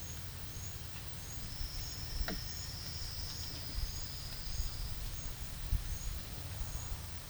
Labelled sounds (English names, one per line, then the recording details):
none
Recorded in secondary vegetation near Puerto Asís, Putumayo, Colombia, on 4 March 2025 at 10:30
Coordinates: 0.498, -76.327
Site G001